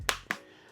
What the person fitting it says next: that clicks on there really, really well.